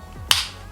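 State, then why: Released. A locking clamp on a plastic bike handlebar phone mount is unlocked, giving one sharp click at 0.3 s that releases the clamp so it can be pulled open. Low handling rustle comes before the click.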